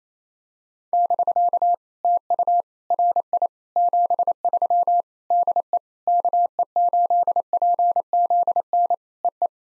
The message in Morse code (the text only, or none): <BK> TU RI 73 DE KE8PZN EE